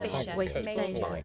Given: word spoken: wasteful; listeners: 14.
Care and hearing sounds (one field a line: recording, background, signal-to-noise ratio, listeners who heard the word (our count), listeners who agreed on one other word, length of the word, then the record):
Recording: one English word in noise, from a listening test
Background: four-talker babble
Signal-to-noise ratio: -2.2 dB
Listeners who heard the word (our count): 0 of 14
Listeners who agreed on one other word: 7 of 14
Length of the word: 0.84 s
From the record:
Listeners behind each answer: 7, 3, 1, 1, 1, 1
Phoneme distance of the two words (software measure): 49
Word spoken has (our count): 2 syllables, 7 phonemes, stress on syllable 1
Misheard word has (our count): 2 syllables, 4 phonemes, stress on syllable 1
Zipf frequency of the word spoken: 3.11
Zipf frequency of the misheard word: 3.75